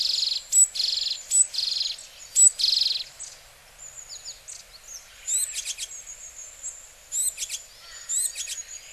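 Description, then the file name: Japanese tit calls: a series of harsh buzzy bursts with thin high notes, followed by quieter twitters and rapid rattled call bursts. Recorded in Hyogo, Japan, in September (0903). "sijuukara 0903 hyogo kaji"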